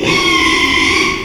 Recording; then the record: squeal of a Yucatan mini pig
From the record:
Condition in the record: after surgery on the right vocal fold (resection and tissue-engineered implant); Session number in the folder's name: 1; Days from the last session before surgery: 6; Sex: male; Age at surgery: 12 weeks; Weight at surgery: 13 kg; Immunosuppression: cyclosporine, prednisolone